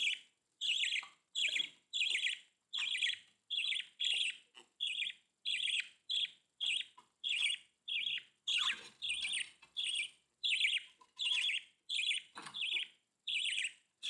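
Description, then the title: Budgerigar chirping calls: steady run of short scratchy, buzzy notes repeated a little faster than once a second, with a brief fuller chatter near the middle. "Budgie Sounds"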